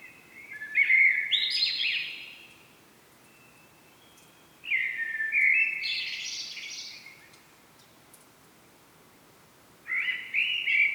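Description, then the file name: Common blackbird song: three mellow warbled phrases about every four to five seconds, the first two ending in a higher squeaky twitter, with quiet pauses between. "Turdus merula"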